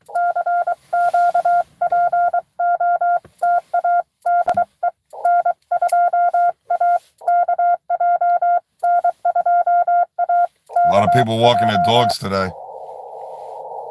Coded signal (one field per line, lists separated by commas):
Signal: Morse code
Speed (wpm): 23 wpm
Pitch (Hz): 700 Hz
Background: speech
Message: CQ POTA DE N2AKJ N2AKJ